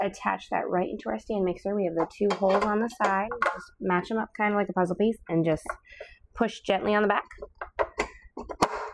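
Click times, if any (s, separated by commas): 8.6 s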